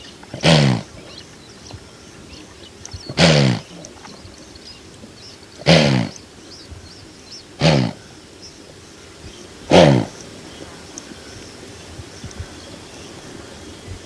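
Blue wildebeest giving five short, harsh, pulsed grunting calls, spaced roughly every two to three seconds, over a quiet, steady background hiss.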